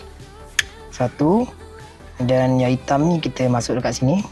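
A plastic wiring harness connector is pushed into its socket on the clock spring during a steering upgrade on a Bezza, and it clicks in with one sharp snap at 0.6 s. Someone talks over light background music, and the connector is seated.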